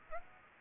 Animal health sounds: mosquito wingbeat signal from an infrared sensor; Aedes aegypti

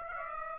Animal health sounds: mosquito wingbeat signal from an infrared sensor; Aedes aegypti

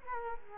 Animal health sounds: mosquito wingbeat signal from an infrared sensor; Culex quinquefasciatus

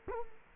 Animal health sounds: mosquito wingbeat signal from an infrared sensor; Culex quinquefasciatus

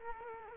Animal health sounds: mosquito wingbeat signal from an infrared sensor; Culex quinquefasciatus

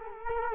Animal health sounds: mosquito wingbeat signal from an infrared sensor; Culex quinquefasciatus

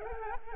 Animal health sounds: mosquito wingbeat signal from an infrared sensor; Culex pipiens

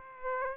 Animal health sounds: mosquito wingbeat signal from an infrared sensor; Aedes aegypti

